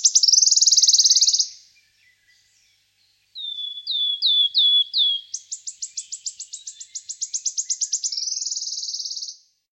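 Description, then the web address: Wood warbler song: a loud buzzy trill ends, then a few stuttering whistled notes lead into another fast, shivering trill that finishes in a dense buzz. "fugle stemmer Skovsanger"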